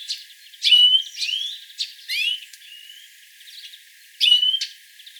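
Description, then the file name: European greenfinch calls: a few sharp chirps with short upward-sweeping whistled notes, a rasping burst near the middle, and a final chirp after a quiet gap. "Chloris chloris"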